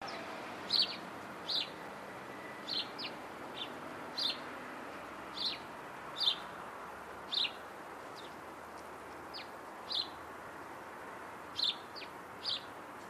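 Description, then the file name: House sparrow chirps, single short high notes repeated roughly every second, fairly faint over a steady background hiss. "Passer domesticus"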